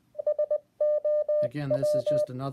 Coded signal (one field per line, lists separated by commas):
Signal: Morse code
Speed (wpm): 20 wpm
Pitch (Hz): 600 Hz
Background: speech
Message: SOW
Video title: Alexa Teaches Morse Code